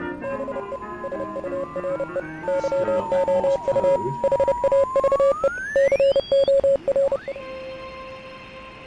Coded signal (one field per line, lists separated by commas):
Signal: Morse code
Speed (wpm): 30 wpm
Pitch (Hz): 550 Hz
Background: music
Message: BE SURE YOU HAVE COR